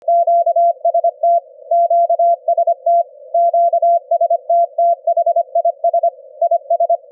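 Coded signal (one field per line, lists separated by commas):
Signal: Morse code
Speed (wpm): 25 wpm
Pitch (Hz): 680 Hz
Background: none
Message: QST QST QST THIS IS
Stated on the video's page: CW sent by a keyer directly at 25 Hz in the ELF band at 25 wpm, received and demodulated with an SDR application.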